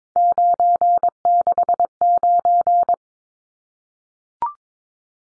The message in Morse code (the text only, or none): 969